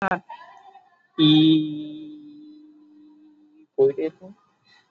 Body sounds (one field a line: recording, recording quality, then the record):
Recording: sustained vowel as in beet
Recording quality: excellent, no background noise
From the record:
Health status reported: COVID-19 positive, no symptoms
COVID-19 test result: positive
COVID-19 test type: RT-PCR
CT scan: taken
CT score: 17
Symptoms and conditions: cough, cold, breathing difficulty, fatigue, muscle pain, loss of smell and taste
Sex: male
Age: 28 years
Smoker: no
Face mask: not worn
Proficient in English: yes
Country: India